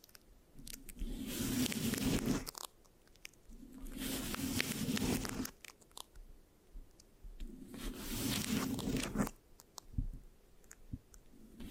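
Scratching on a microphone comes in three long, dense bursts of about two seconds each, rough and crunchy with a bright hiss over a low rubbing rumble. Between bursts it goes quiet except for scattered sharp, sticky clicks and taps, clustered near the end.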